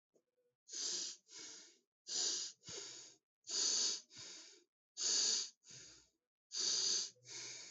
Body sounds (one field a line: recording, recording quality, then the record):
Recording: shallow breathing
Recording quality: excellent, no background noise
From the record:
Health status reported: healthy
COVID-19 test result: not tested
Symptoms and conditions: breathing difficulty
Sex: male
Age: 25 years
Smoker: yes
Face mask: not worn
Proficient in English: yes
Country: India